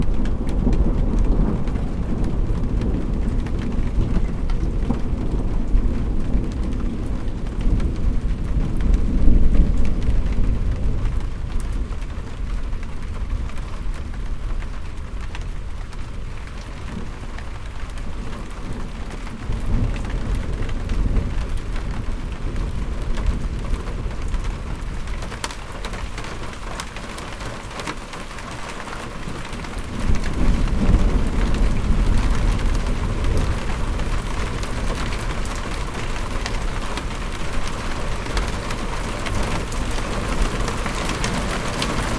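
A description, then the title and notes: Thunder rolls through an autumn afternoon outdoors, a deep low rumble that swells loudest near the start and again around thirty seconds. Between the rumbles a steady soft hiss of light rain or wind fills the background, fading slightly mid-clip. Autumn afternoon thunder. Hearing the coming storm just outside. Recorded by Alex Wegman.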